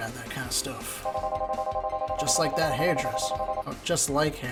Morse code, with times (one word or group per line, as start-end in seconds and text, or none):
none